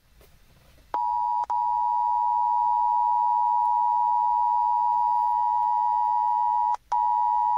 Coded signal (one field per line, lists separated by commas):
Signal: Emergency Alert System (SAME) tones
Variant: 853 and 960 Hz attention tone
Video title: EAS Tornado Warning Mower County Minnesota KNXR/NOAA Weather Radio WXK41 Rochester, MN